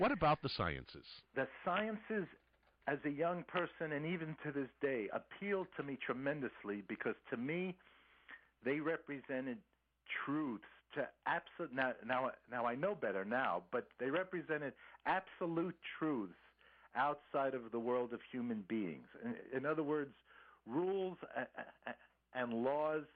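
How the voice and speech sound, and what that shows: An adult man speaks fairly fluently, with mild stuttering: a repeated 'now, now, now', stretched sounds and brief blocks. After many years of practice he moves through the small stuttering blocks in a partial control mode, faster and more normal than full control.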